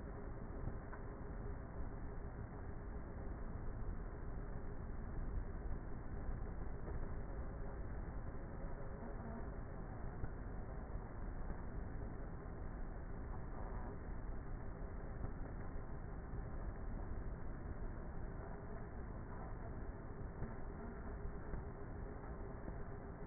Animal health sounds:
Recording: honeybee colony, microphone inside the hive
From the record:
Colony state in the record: queenless with a low population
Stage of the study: before two queens were removed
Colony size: about 30,000 bees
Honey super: no

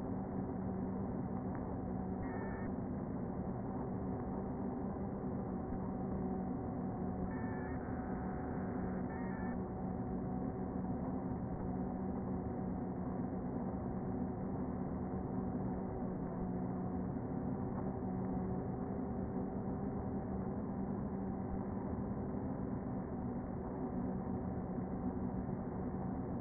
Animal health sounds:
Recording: honeybee colony, microphone inside the hive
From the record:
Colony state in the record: queen present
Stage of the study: before two queens were removed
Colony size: about 60,000 bees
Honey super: yes

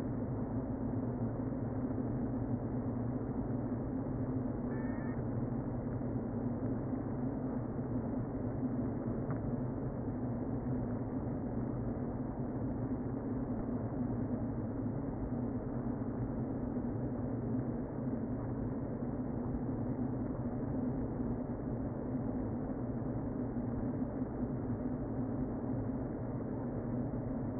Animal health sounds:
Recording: honeybee colony, microphone inside the hive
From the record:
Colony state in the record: queen present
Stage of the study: before two queens were removed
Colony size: about 60,000 bees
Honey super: yes

